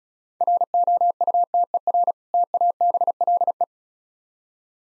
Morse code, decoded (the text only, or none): ROUTER TABLE